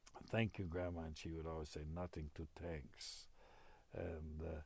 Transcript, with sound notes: "Thank you, Grandma." And she would always say, (imitating his mother's heavy accent) "Nothing to thanks." And,